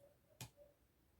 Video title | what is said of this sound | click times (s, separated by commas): #crochethook Review 🧶 | and you hear a little snap and that's locked in there pretty good | 0.4 s